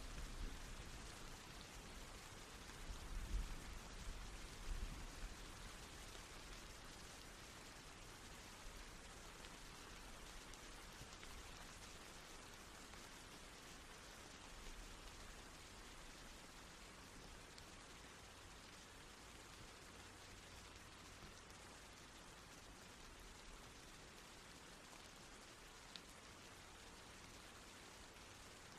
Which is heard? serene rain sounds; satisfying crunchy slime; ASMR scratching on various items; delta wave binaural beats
serene rain sounds